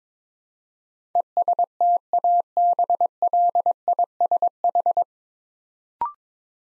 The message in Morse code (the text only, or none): ESTABLISH